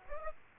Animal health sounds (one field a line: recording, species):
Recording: mosquito wingbeat signal from an infrared sensor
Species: Aedes aegypti